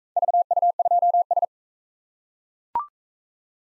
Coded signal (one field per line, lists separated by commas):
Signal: Morse code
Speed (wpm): 41 wpm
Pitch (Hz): 700 Hz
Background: none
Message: VU2S